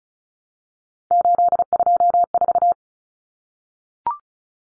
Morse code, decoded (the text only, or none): 824